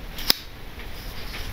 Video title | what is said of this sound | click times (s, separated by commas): Cudeman Pandora, ein super Klappmesser aus Spanien | es schnappt zu | 0.3 s